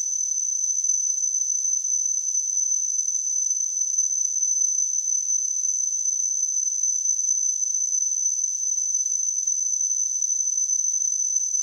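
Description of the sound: Simulated tinnitus: a continuous, unwavering high-pitched tone around 6 kHz over a faint high-frequency hiss, with no low-frequency content and no pauses.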